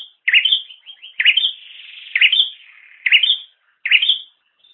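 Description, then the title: Bird sounds: five bright rising chirps joined by a sustained, faintly buzzy trilled note that runs between them. "kikicau"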